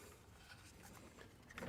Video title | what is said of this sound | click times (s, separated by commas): Install Power Frunk V5 Newest Update 2023 On Tesla Model Y TESBROS h2aiTwg3Apk | and it snaps and it goes all the way and locks into place and it puts that weather seal into effect | 1.5 s, 1.6 s